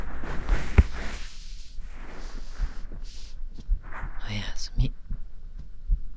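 Slow, regular soft low thumps, about 55 a minute, under rustling and breath noise: a normal heartbeat of an adult man, heard with the ear against his chest.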